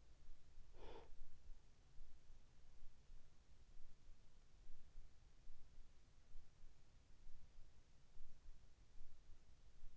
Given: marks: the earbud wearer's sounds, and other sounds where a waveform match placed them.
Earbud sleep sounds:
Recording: sounds in sleep by an in-ear microphone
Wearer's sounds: breath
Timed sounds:
0.00-1.55 s: breath

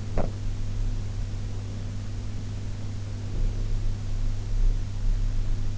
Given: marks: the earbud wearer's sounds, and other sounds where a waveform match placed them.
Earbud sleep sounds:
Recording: sounds in sleep by an in-ear microphone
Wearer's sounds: teeth grinding, breath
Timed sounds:
0.00-0.48 s: teeth grinding
3.04-4.94 s: breath

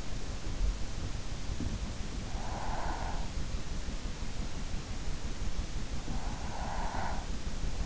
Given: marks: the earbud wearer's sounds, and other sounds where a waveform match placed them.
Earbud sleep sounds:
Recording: sounds in sleep by an in-ear microphone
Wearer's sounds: breath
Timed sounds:
2.28-3.37 s: breath
6.46-7.48 s: breath

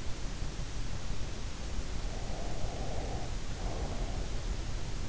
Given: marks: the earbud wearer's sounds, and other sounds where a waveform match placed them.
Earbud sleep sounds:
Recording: sounds in sleep by an in-ear microphone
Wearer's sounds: breath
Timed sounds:
2.33-4.59 s: breath

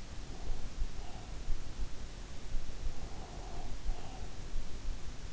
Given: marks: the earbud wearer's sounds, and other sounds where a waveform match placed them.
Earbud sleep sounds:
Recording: sounds in sleep by an in-ear microphone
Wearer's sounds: breath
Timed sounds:
0.31-1.35 s: breath
2.92-4.68 s: breath

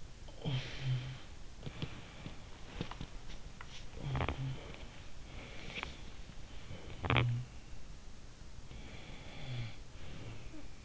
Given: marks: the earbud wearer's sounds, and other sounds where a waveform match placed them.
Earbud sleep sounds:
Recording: sounds in sleep by an in-ear microphone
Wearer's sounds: talking in sleep, teeth grinding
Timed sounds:
0.00-1.59 s: talking in sleep
1.59-3.79 s: teeth grinding
3.77-4.68 s: talking in sleep
4.95-6.30 s: teeth grinding
6.68-7.90 s: talking in sleep
8.57-10.85 s: talking in sleep

